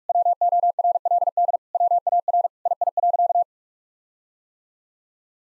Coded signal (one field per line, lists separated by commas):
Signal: Morse code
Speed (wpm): 46 wpm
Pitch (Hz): 700 Hz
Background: none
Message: WORLD WAR II.